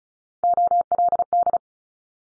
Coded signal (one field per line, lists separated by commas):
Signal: Morse code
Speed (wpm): 36 wpm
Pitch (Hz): 700 Hz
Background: none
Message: OLD